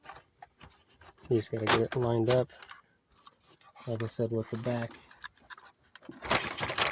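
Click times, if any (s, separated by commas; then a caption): 6.3 s, 6.6 s. While someone talks, a plastic air vent is lined up with the small tabs on the back of a new plastic radio dash bezel during a Dodge Journey Android radio replacement and pressed in. Two short snaps are heard at 6.3 s and 6.6 s as the vent seats firmly in place.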